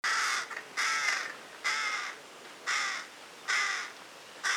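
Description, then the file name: Carrion crow giving a series of about six harsh, grating caws in under five seconds. "Corvus corone"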